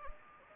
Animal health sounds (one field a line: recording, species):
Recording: mosquito wingbeat signal from an infrared sensor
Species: Anopheles gambiae